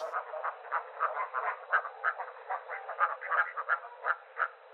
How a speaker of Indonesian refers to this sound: Hai bebek, aku datang membawakan makanan kesukaan kalian. Ini makan yang banyak ya. Ramai sekali suara bebek-bebek ini.